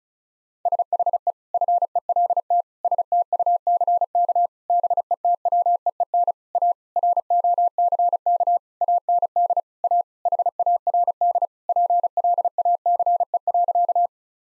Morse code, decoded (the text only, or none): SHE FELT STUCK BETWEEN A ROCK AND A HARD PLACE.